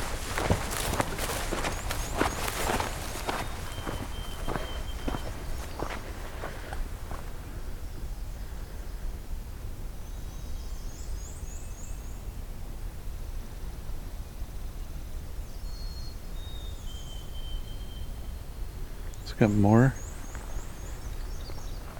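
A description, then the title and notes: A morning hike through Pine Tree Point Nature Preserve opens with a quick run of crunching footsteps over the first seven seconds, then settles into a steady outdoor hush. Thin, high bird calls sound now and then, and a brief, rising animal-like call breaks through around nineteen seconds. The first part of a morning hike into the southern half of Pine Tree Point Nature Preserve, opening with a songful White-throated Sparrow.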